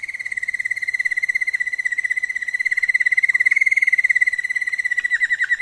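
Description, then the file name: Waterslager canary song: continuous rolling water-like trill held on a steady pitch with rapid even pulses throughout. Waterslager canary song variations. "kenari waterslager variasi omkicau"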